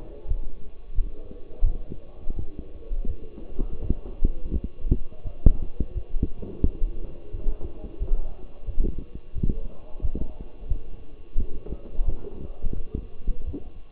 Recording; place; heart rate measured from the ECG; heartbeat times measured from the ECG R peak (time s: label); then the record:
heart sounds by stethoscope; between the tricuspid and mitral areas; 86 bpm
0.27 s: heartbeat
0.94 s: heartbeat
1.63 s: heartbeat
2.35 s: heartbeat
3.06 s: heartbeat
3.80 s: heartbeat
4.50 s: heartbeat
5.23 s: heartbeat
5.93 s: heartbeat
6.63 s: heartbeat
7.32 s: heartbeat
7.99 s: heartbeat
8.66 s: heartbeat
9.34 s: heartbeat
10.01 s: heartbeat
10.68 s: heartbeat
11.37 s: heartbeat
12.05 s: heartbeat
12.74 s: heartbeat
13.45 s: heartbeat
From the record:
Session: walking at 3.7 km/h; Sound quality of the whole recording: partially saturated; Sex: male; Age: 24 years